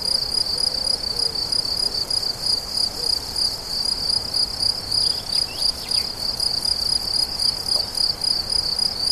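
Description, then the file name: Crickets calling in a bright, pulsing high trill, with a few soft low whistled notes and faint chirps from another source. Crickets recorded on 17 July 2013 at La Fortiche with a MZ-N710 recorder. "grillons la fortiche 17 07 13"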